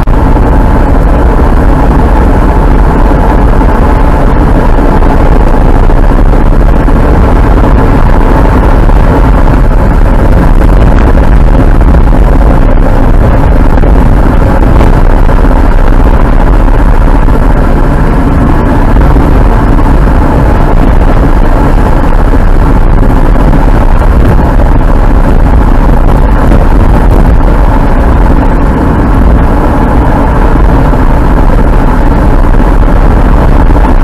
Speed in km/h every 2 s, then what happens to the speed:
68, 70, 72, 74, 76, 78, 78, 78, 76, 76, 73, 73, 72, 71, 71, 71, 72.
0-11 speeds up to 78. 11-34 steady at about 73.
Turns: none.